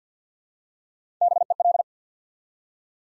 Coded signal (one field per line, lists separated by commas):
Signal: Morse code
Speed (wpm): 50 wpm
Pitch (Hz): 700 Hz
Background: none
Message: BEL